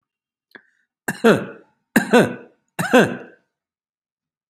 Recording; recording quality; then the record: shallow voluntary cough; excellent, no background noise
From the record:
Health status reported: healthy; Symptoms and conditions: hypertension, diabetes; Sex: male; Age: 62 years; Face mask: not worn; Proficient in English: yes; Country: India